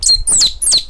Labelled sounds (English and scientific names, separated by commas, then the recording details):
Stitchbird (Notiomystis cincta) song
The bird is a male
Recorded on Tiritiri Matangi Island, New Zealand, in 2005
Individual 10, of nest box 12